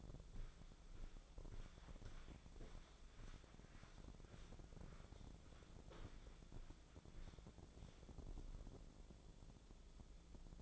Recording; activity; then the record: daily activity, microphone in the room; walk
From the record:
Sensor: 5